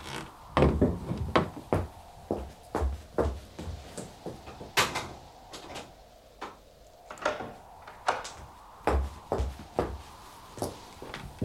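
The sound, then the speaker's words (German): A door is locked and bolted: a run of sharp wooden knocks and metallic clacks, irregular and fairly loud, with a few rattling scrapes between them and no talking. “Schließ ab und leg den Riegel vor.”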